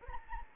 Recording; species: mosquito wingbeat signal from an infrared sensor; Anopheles gambiae